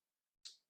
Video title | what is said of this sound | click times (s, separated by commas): McFarlane DC Multiverse Platinum Chase Wave Manhunters Figure Review | and there you go you hear that nice snap it's insecurely so let's take him off the flight stand here | 0.5 s